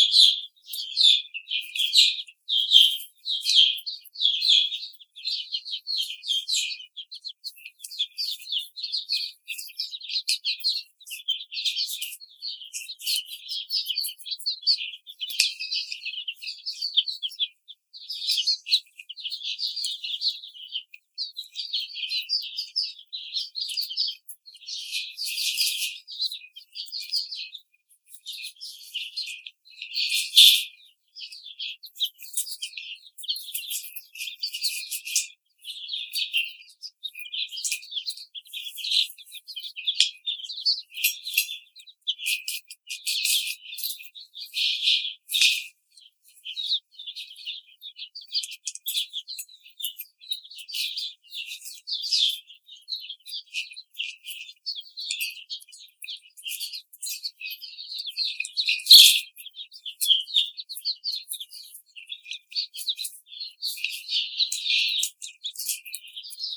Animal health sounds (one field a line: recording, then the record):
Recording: young laying hens in a cage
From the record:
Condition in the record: treatment cage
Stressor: simulated dog barking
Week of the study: 5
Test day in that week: 1